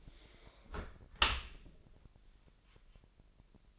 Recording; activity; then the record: daily activity, microphone in the room; close dishwasher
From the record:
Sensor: 5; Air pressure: 1000.7 hPa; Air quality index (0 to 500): 248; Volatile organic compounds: 35 ppm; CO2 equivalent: 3055 ppm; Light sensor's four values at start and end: 31/71/28/27 and 31/72/29/27